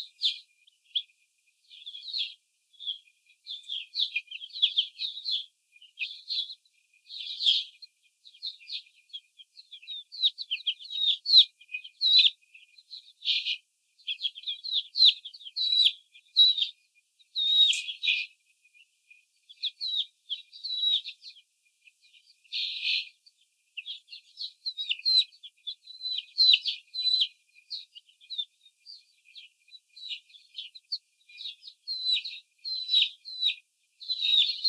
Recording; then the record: young laying hens in a cage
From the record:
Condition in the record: before the stressor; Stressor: simulated dog barking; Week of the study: 4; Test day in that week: 3